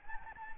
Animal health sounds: mosquito wingbeat signal from an infrared sensor; Anopheles gambiae

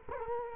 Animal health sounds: mosquito wingbeat signal from an infrared sensor; Culex quinquefasciatus

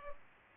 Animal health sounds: mosquito wingbeat signal from an infrared sensor; Culex pipiens

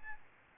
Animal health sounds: mosquito wingbeat signal from an infrared sensor; Aedes albopictus

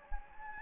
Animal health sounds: mosquito wingbeat signal from an infrared sensor; Anopheles gambiae

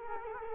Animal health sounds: mosquito wingbeat signal from an infrared sensor; Culex quinquefasciatus

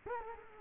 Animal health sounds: mosquito wingbeat signal from an infrared sensor; Culex quinquefasciatus

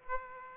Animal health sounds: mosquito wingbeat signal from an infrared sensor; Aedes aegypti

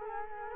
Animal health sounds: mosquito wingbeat signal from an infrared sensor; Culex quinquefasciatus

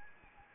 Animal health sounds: mosquito wingbeat signal from an infrared sensor; Anopheles arabiensis

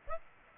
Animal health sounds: mosquito wingbeat signal from an infrared sensor; Aedes aegypti

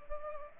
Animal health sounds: mosquito wingbeat signal from an infrared sensor; Culex pipiens

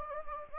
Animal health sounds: mosquito wingbeat signal from an infrared sensor; Anopheles gambiae

